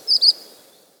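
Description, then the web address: Pale-eyed thrush call: two quick, very high, thin notes in rapid succession, then quiet with faint background hiss. Andean bird of South America. "Natures Songs S America Andean Birds. Pale-Eyed Thrush (Platycichla Leucops)"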